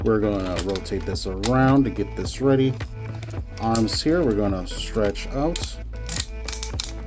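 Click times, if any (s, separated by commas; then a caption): 6.5 s, 6.8 s. Someone talks while handling a plastic action figure / Megazord toy, rotating it and stretching out the arms, and the arm is then ratcheted in at the shoulder joint. Sharp ratcheting clicks are heard near the end, at 6.5 s and 6.8 s, as the toy arm seats into its notch in the shoulder joint.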